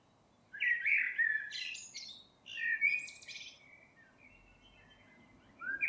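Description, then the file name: Eurasian blackbird singing fluty warbled phrases followed by high twittering flourishes, then quieter trailing notes. "Turdus merula"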